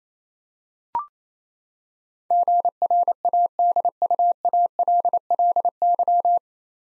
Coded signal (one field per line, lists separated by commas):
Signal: Morse code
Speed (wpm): 28 wpm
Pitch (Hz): 700 Hz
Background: none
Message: GRADUALLY